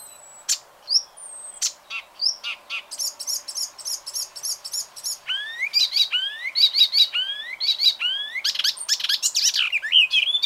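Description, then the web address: Bird calls: scattered sharp high notes open, followed by fast pulsing chirp runs and rising, upswept notes that grow denser and louder toward the end. "ornitologiya slovar Ptichki"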